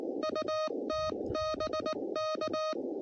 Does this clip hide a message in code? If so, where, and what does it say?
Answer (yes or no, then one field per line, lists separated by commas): yes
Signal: Morse code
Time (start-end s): 0.2-2.7 s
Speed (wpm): 18 wpm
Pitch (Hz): 620 Hz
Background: none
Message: UT BK